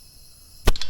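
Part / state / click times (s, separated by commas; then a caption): rubber tire bead seating onto a motorcycle wheel rim / not seated / none. An air hose inflates a new front tire on a Honda ADV150 scooter wheel to seat the rubber tire bead onto the rim, giving a steady high hiss followed by a few short, sharp knocks from the hose or handling around 0.7 and 0.8 seconds. No bead pop is heard, and the tire bead has not seated onto the rim yet.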